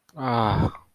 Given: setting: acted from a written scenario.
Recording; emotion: vocal sound without words; sympathy